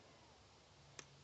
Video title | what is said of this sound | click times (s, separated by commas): my very first review brought to you by Suffla metal detectors. this is with bloopers and all. | and it goes on there and in there you slide it down you hear that little click | 1.0 s